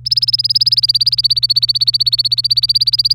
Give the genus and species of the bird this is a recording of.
Serinus canaria